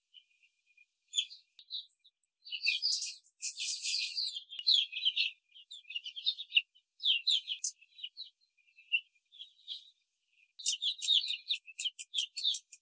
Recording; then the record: young laying hens in a cage, short pieces joined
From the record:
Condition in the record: control cage, before the stress test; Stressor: none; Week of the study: 4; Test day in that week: 1